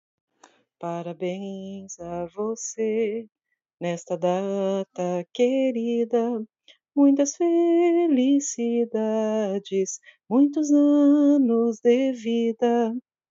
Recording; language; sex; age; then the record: short text; Brazilian Portuguese; female; 30 to 39 years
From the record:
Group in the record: control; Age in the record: 38 years